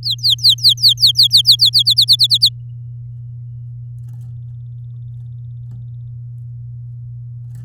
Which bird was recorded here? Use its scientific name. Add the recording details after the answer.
Serinus canaria. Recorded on 7 May 2018 at 10:32. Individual llb16